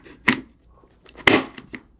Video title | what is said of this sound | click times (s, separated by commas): SAFETY FIRST! Brake Free Helmet Light Review - CruisemansGarage.com | there we go there's a click but it still feels kind of loose no that's not right | 1.3 s